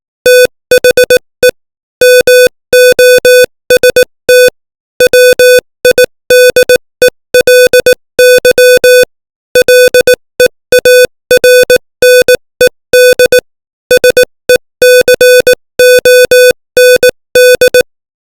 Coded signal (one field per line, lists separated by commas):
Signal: Morse code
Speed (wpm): 18 wpm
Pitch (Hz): 500 Hz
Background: music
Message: THE MOST WIDELY LEARNED SECOND